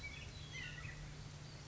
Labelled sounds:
White-breasted Nuthatch
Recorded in Sonoma County, California

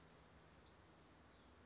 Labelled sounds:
Western Flycatcher
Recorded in Sonoma County, California

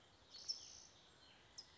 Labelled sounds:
California Towhee
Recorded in Sonoma County, California

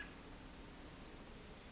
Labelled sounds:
Western Flycatcher
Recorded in Sonoma County, California

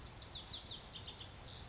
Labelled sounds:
Lazuli Bunting
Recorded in Sonoma County, California

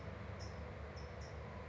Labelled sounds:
California Towhee
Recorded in Sonoma County, California

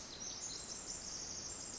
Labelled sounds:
Pacific Wren
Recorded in Sonoma County, California

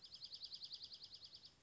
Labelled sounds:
Dark-eyed Junco
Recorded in Sonoma County, California

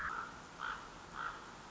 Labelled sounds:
Common Raven
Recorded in Sonoma County, California

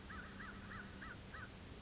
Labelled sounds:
American Crow
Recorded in Sonoma County, California

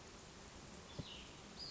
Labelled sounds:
Western Flycatcher
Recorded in Sonoma County, California

